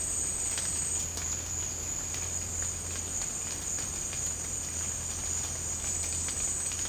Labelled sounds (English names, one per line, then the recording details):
none
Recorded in secondary vegetation near Puerto Asís, Putumayo, Colombia, on 21 March 2025 at 14:30
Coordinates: 0.485, -76.322
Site G040